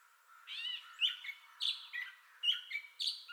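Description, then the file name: Gray catbird song, a few scratchy and whistled notes spaced irregularly, some slurred and some clipped, across about three seconds. Entire song bout, 30 May 2021. "2021-05-30 Gray Catbird Entire Song Bout"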